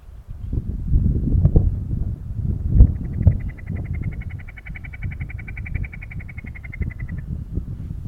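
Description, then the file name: Snipe giving a rapid, even series of dry ticking notes, about four and a half seconds long, over a low rumbling noise. "becasina"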